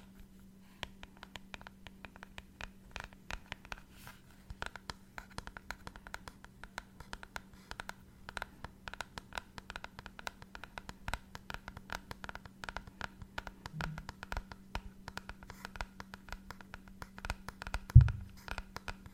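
Quick, irregular tapping and light scratching fill the recording, dense clicks scattered throughout with no steady rhythm. A low steady hum runs underneath the whole time, and a single louder knock stands out near the end.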